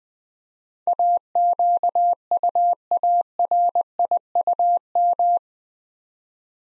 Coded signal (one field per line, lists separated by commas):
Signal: Morse code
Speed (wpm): 20 wpm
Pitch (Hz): 700 Hz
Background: none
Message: AQUARIUM